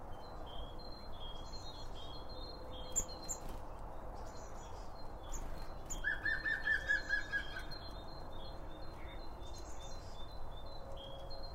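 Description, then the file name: Birds chirping with short high notes and a brief, rapidly repeated trill partway through, over a steady low hum. Birds around a bird feeder, recorded with two Line Audio OM 1 microphones. "Birds Around Birdfeeding With Two Om 1 From Line Audio"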